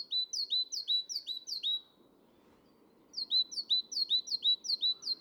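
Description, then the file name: Great tit singing bright, high two-part notes in a quick even series, then a pause of about a second before the same repeated phrase resumes. "Parus major"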